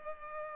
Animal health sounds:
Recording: mosquito wingbeat signal from an infrared sensor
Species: Culex pipiens

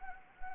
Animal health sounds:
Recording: mosquito wingbeat signal from an infrared sensor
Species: Anopheles gambiae

